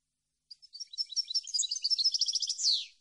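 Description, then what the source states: European goldfinch song: one rapid phrase of tinkling, chattering notes that ends in a descending buzzy slur. Clean goldfinch song for copying, used to train birds to sing.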